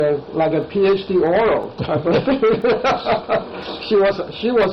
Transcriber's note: laughter